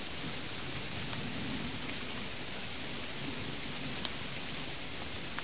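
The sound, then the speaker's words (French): Heavy rain pours down in a dense, steady hiss, with scattered sharper drops ticking through the wash and no voices present. “La pluie s'aggrave.”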